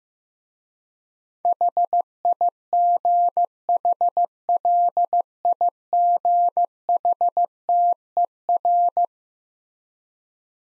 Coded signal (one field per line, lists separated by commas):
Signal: Morse code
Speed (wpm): 15 wpm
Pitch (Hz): 700 Hz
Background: none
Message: HIGHLIGHTER